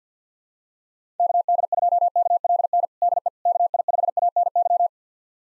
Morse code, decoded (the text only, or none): KD2KLN DE KI5ANY